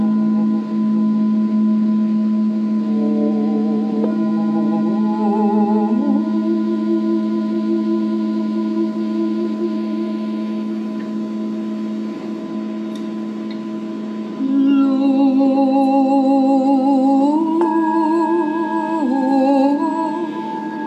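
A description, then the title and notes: Crystal singing bowls hum in long, steady, layered tones, with wavering overtones swelling at about four and fifteen seconds. Singing Bowl Meditation w/ Debra Koff-Chapin IAM Winter Symposium 2020. Debra Koff-Chapin gives us a beautiful crystal bowl meditation.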